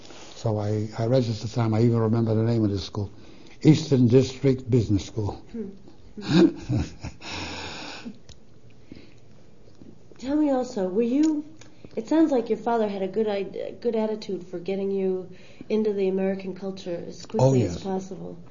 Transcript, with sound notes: So I, I registered. I even remember the name of the school. Eastern District Business School. (He laughs.)
Tell me. also, were you, it sounds like your father had a good, a good attitude for getting you into the American culture as quickly as possible.